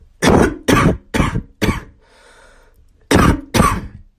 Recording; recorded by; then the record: voluntary cough; messaging app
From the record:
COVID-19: positive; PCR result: self-reported